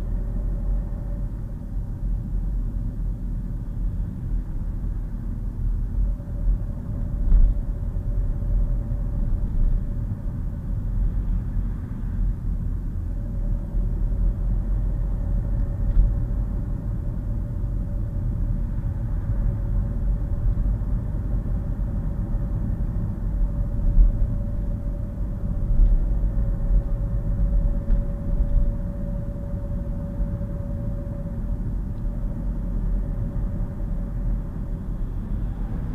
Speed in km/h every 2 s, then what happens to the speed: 31, 29, 27, 31, 32, 29, 31, 34, 34, 34, 37, 37, 39, 40, 40, 40, 42, 40.
0-11 steady at about 29. 11-25 speeds up to 40. 25-36 steady at about 40.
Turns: none.